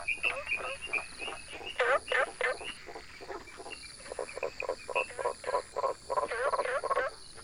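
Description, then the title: Frogs calling, rapid croaking bursts and upswept notes repeated in quick irregular series. Frog calls at ponds across Taiwan, 2006–2009, a walk from pond to pond; the island has 32 frog species. "Grenouilles de Taiwan"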